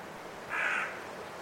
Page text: A group of five Carrion Crows in the trees, before roosting, during a blustery force 6 wind. Recorded in winter at Woodchester Park, Gloucestershire by Richard Margoschis. British Library